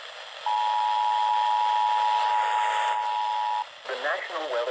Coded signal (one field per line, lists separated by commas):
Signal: Emergency Alert System (SAME) tones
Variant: 853 and 960 Hz attention tone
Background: speech